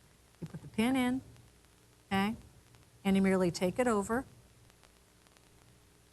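The quick-release spring bar of a leather watch strap is hooked into a watch case lug hole, and the strap is guided over to the other lug while the release lever is held back, as someone talks. A few faint, soft ticks sit under the voice. The lever has not been let go yet, so nothing has clicked into place.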